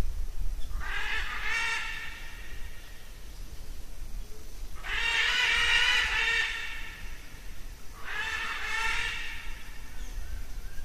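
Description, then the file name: Military macaw uttering three long, rasping squawks at intervals of about three to four seconds, with a constant deep rumbling noise underneath. "canto da arara militar"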